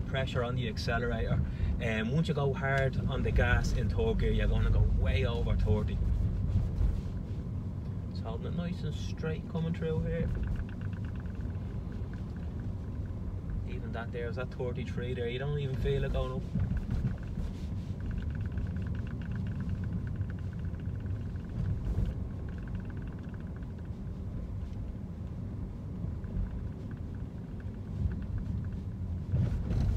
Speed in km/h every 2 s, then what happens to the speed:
30, 29, 28, 29, 30, 31, 31, 26, 28, 31, 32, 31, 32, 28, 26.
0-15 steady at about 29. 15-21 speeds up to 32. 21-30 slows to 26.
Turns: none.